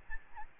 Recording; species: mosquito wingbeat signal from an infrared sensor; Aedes albopictus